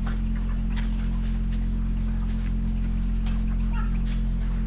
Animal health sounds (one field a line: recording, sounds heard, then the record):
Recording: poultry house recording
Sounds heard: sick chickens (respiratory disease)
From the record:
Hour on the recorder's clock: 22